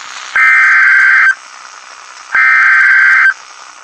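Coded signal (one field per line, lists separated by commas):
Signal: Emergency Alert System (SAME) tones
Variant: header bursts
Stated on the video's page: Severe thunderstorm and tornado warnings from a NOAA weather radio station.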